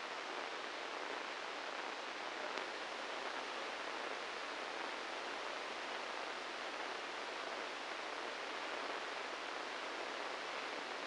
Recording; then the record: brain microelectrode recording played as sound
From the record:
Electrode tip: inside the subthalamic nucleus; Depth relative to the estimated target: 4 mm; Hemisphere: right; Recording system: NeuroSet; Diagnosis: Parkinson's disease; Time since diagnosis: 9 years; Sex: male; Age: 56 years